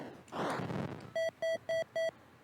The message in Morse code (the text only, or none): none